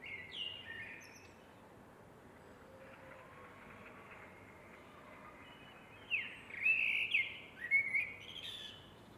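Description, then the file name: Eurasian blackbird song: a brief fluted note at the start, then a long quiet gap before a louder run of mellow whistled warbles with high squeaky endings. "MERLES"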